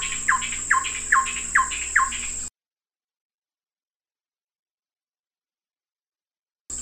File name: suara call song burung ciungair coreng kalimantan omkicau